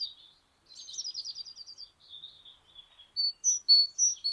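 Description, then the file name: Great tit calls: a rapid buzzy chatter of repeated notes, then loud clear high notes given in quick succession. "Parus major"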